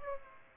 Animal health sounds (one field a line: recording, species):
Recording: mosquito wingbeat signal from an infrared sensor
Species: Aedes aegypti